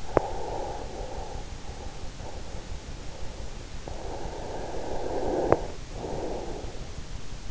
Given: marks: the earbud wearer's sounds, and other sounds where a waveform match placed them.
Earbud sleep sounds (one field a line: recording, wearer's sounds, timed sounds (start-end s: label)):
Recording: sounds in sleep by an in-ear microphone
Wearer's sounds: breath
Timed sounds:
0.00-1.29 s: breath
3.80-6.83 s: breath